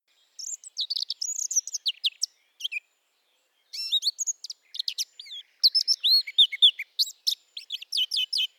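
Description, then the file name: Eurasian blackcap song in several bursts of quick chattering warble mixed with rising and falling whistled notes, separated by short gaps. "Sylvia atricapilla"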